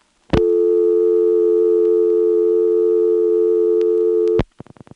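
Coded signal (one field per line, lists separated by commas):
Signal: telephone call progress tone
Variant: North America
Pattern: dial tone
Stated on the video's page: Telephone call progress tones from a senderized step-by-step switching office in Lexington, South Carolina.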